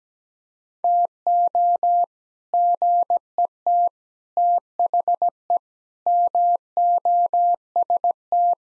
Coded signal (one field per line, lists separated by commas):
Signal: Morse code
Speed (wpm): 17 wpm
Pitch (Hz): 700 Hz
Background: none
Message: TO GET THE MOST